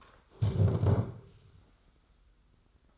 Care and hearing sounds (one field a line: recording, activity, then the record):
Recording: daily activity, microphone in the room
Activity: stand up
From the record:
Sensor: 3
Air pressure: 991.6 hPa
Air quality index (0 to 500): 177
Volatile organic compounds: 1000 ppm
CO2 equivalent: 5881 ppm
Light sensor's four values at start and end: 34/98/40/34 and 36/102/41/35